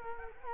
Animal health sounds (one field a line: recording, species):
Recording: mosquito wingbeat signal from an infrared sensor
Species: Culex quinquefasciatus